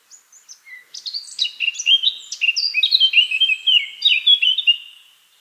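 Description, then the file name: Eurasian blackcap song: a fast, varied warble of high scratchy and sweet notes, building in loudness and running continuously for about four seconds. "Sylvia atricapilla"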